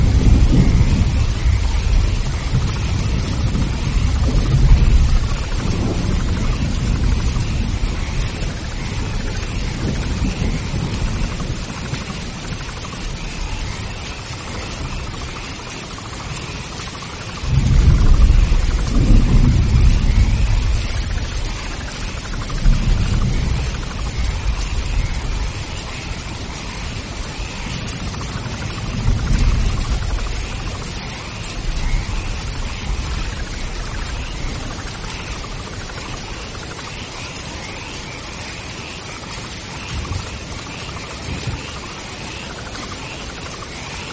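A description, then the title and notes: Soft, rolling thunder swells and fades several times, loudest near the start, around 17–22 seconds and again near 30 seconds. Underneath, a steady, dense chorus of croaking frogs carries on without a break, even throughout. Listen To The Light Thunder And The Croaking Of Frogs.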